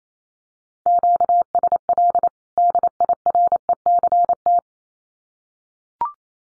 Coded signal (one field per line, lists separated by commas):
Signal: Morse code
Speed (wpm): 28 wpm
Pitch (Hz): 700 Hz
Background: none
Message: QSL DIRECT